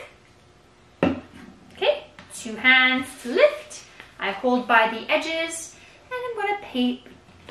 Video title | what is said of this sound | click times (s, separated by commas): Preschool Letter F Arts & Crafts Activities for Preschoolers & Toddlers | and we close our glue stick and we're going to push the lid till we hear a click okay | 1.0 s